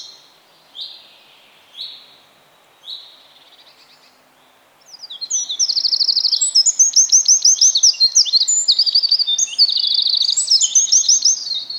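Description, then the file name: Eurasian wren song: a few separate high chirps, then a loud, fast, tumbling run of trills and sharp notes that continues to the end. "Troglodytes troglodytes"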